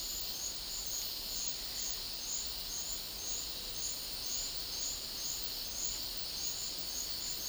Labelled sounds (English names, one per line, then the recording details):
none
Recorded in dense forest near Puerto Asís, Putumayo, Colombia, on 18 February 2024 at 11:30
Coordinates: 0.500, -76.322
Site G6465